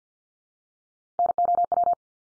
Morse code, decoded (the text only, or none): NOW